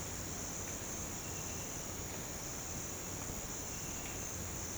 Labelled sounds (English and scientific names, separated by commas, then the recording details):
none
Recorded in pastures near Puerto Asís, Putumayo, Colombia, on 19 March 2025 at 06:30
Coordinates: 0.472, -76.329
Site G074